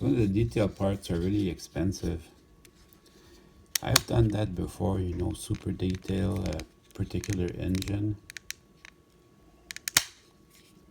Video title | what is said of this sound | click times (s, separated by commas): N scale Life-Like GP38-2 rebuild | there now everything snapped into place | 9.9 s, 10.0 s